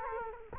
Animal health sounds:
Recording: mosquito wingbeat signal from an infrared sensor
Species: Culex quinquefasciatus

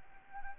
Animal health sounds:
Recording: mosquito wingbeat signal from an infrared sensor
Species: Anopheles arabiensis

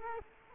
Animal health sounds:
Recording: mosquito wingbeat signal from an infrared sensor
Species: Culex quinquefasciatus

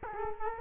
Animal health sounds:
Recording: mosquito wingbeat signal from an infrared sensor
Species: Culex quinquefasciatus

